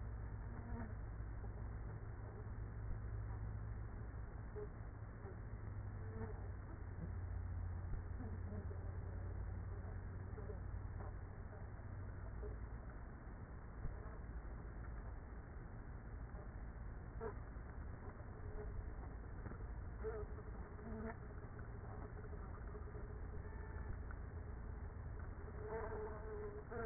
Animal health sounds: honeybee colony, microphone inside the hive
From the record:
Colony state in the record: queenless with a low population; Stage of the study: after two queens were removed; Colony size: about 30,000 bees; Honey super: no

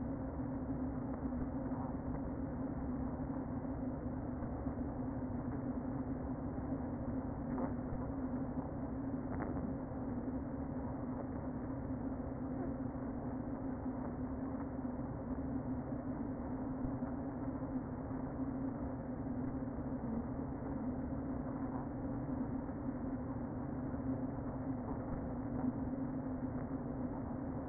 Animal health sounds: honeybee colony, microphone inside the hive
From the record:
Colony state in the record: queen present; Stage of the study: before two queens were removed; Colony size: about 60,000 bees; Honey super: yes

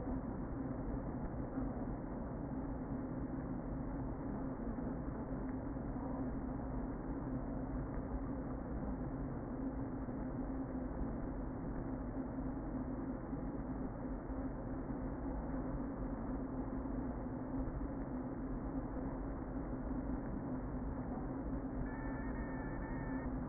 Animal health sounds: honeybee colony, microphone inside the hive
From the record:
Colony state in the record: queen present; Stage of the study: before two queens were removed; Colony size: about 60,000 bees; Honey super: yes

